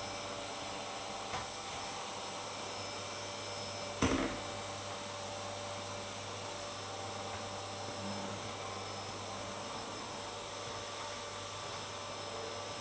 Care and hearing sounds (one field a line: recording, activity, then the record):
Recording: daily activity, microphone in the room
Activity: vacuum cleaning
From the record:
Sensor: 3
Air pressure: 1007.7 hPa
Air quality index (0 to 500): 49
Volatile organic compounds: 1 ppm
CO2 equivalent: 576 ppm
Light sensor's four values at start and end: 9/22/9/9 and 9/22/9/9